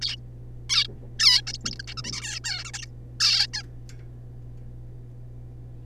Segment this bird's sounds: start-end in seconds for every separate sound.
0.02-0.16, 0.69-0.87, 1.19-1.41, 1.47-1.52, 1.54-1.58, 1.65-1.71, 1.71-1.75, 1.79-1.82, 1.84-1.86, 1.88-1.94, 1.97-2.02, 2.04-2.40, 2.44-2.64, 2.65-2.71, 2.73-2.85, 3.20-3.47, 3.54-3.63